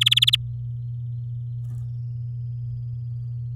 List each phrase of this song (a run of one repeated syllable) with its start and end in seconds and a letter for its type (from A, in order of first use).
0.01-0.36 A